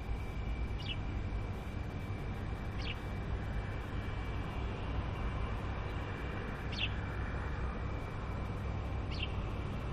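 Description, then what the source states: Sparrow calls: four brief, bright chirps spaced irregularly, heard above heavy low traffic-like rumble and a thin steady tone. Recorded at Musaffah Corniche.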